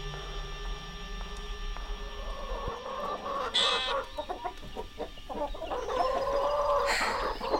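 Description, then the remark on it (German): Chickens cluck in short, scattered bursts over a steady low hum, with a couple of louder, higher squawks standing out toward the middle and end. “Ja, man schaut den Hühnern zu und entspannt sich.”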